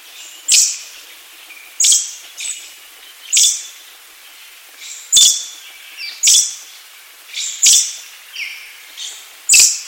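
Little Lorikeet giving a series of harsh, high-pitched screeches at uneven intervals, some close together.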